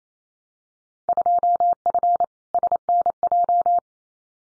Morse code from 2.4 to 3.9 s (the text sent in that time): SNJ